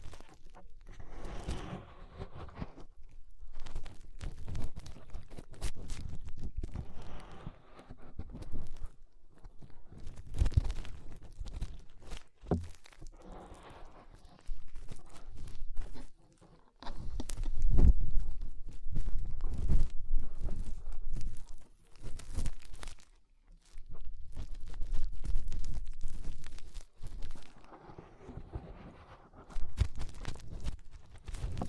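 Fingers rub and scratch inside the ear, producing muffled, low rustling and crackling. The sound comes in bursts of dense scraping separated by brief quiet gaps, with sharper pops and crunches scattered throughout, notably around 10 and 18 seconds.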